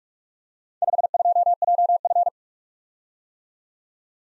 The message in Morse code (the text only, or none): 52JF